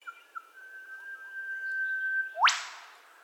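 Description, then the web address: Eastern whipbird call: a long steady whistled note held for about two seconds, then an explosive rising whipcrack snap, with a few faint chirps at the start. Australian native bird. "Foundation Updates Bird Eastern Whipbird"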